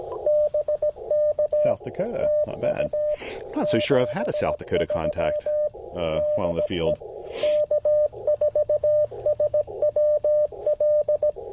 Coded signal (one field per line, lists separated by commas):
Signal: Morse code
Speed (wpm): 17 wpm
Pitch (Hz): 600 Hz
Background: speech, radio noise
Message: BK TU 73 DE K4SWL